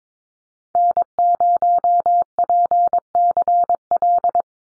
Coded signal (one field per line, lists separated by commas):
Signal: Morse code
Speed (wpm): 22 wpm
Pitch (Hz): 700 Hz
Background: none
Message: N0PCL